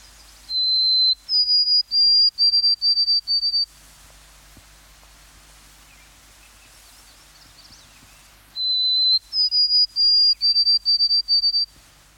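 White-throated sparrow song, twice: a pure whistled opening note, then a slightly higher whistle broken into a quick series of repeated even notes, with a long quiet gap between songs.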